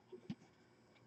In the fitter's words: just pull it till it clicks